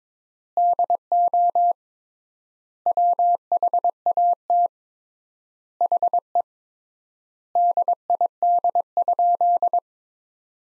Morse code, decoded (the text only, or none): DO WHAT HE DID?